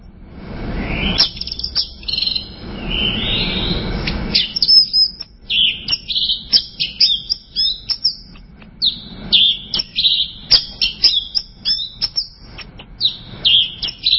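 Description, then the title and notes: Bird song opens after a hissy start, then steady runs of sharp chirps and twitters. "Bird Sound. Kicau Burung Lengkap"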